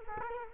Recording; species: mosquito wingbeat signal from an infrared sensor; Culex quinquefasciatus